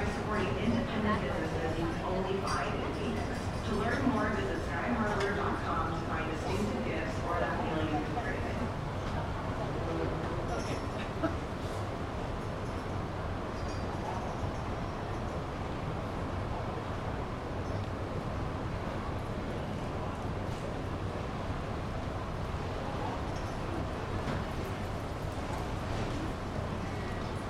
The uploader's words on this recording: As we approach the TSA checkpoint, the air is filled with a subtle buzz of anticipation. The murmurs of fellow passengers, the gentle shuffling of belongings, and the distant hum of security equipment.